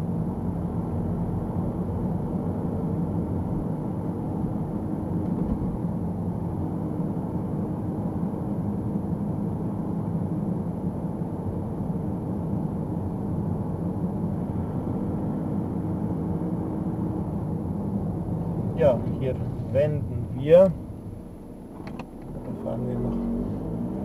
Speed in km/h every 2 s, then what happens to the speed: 41, 44, 43, 43, 43, 42, 42, 44, 41, 17, 9, 17.
0-15 steady at about 43. 15-19 brakes to 9.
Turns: none.